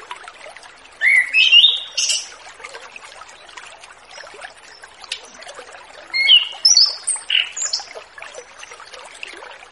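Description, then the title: Orange-headed thrush giving two separate short phrases of high, slurred whistles and chips, with a long quieter gap between them. Relaxed ngeplong song style, used as a lure for young orange-headed thrushes just leaving their spotted plumage stage. "Anis Kembang Ngeplong Santai , Untuk Pancingan Anis Kembang Lepas Trotol"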